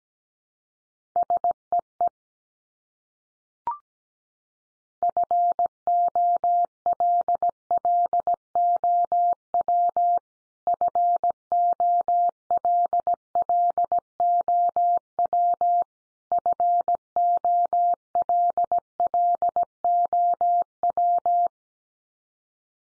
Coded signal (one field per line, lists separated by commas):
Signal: Morse code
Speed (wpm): 17 wpm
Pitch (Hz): 700 Hz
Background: none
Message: SEE FOLLOW FOLLOW FOLLOW